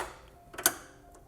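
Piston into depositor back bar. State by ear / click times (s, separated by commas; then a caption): seated / 0.7 s. The back of a plastic piston is pulled back into the metal back bar of a depositor. Two faint ticks come just before a single sharp, bright click at 0.7 s. The piston snaps into place and is seated.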